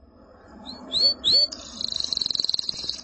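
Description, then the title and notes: Canary song: two rising whistled notes, then a fast high buzzy trill of rapid repeated notes for over a second. "BM Suara Kenari. BM Suara Burung Kenari"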